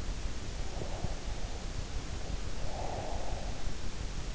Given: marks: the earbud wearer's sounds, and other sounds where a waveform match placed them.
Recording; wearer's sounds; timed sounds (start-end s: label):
sounds in sleep by an in-ear microphone; breath
0.68-3.75 s: breath